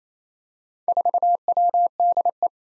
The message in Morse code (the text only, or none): 4WDE